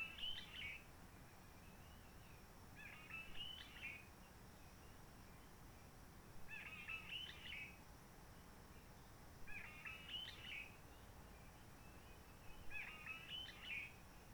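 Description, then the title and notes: Réunion bulbul repeats a lively warbled phrase roughly every three seconds, five times, each lasting under a second, over soft steady noise. Roche Merveilleuse, Réunion; quiet forest, sunny blue sky, since 19 March 2020 lockdown without visitors, microlights or helicopters; birds not very active; bulbul sings simpler short phrases, habit from enduring aircraft noise. "Roche Merveilleuse, Réunion - Merle de lîle de la Réunion. Merle de la Réunion. depuis le 19 mars 2020"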